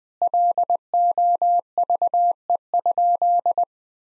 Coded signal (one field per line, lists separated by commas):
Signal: Morse code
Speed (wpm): 21 wpm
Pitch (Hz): 700 Hz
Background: none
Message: LOVE?